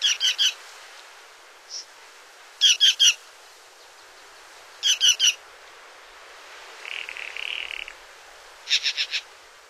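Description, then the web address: Green jay giving harsh, rattling calls in quick groups of three to four notes, repeated every two to four seconds, with one buzzy drawn-out note between. "Songs of Birds of North America Stokes. Green Jay"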